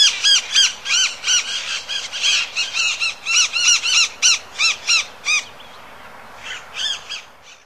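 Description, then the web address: Green parakeet giving harsh, rasping squawks in a rapid series of about three per second, then a pause and a few fainter calls at the end. "Songs of Birds of North America Stokes. Green Parakeet"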